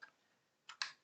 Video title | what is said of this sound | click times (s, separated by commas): Building our FULL Optimus Model with Wayne Green | till it clicks into position, which is done. | 0.8 s